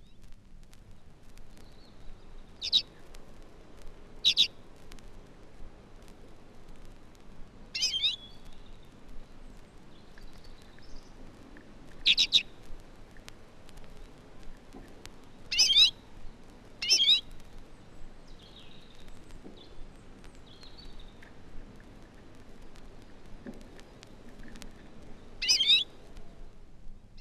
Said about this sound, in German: Wir hören zunächst einen lockenden Vogel.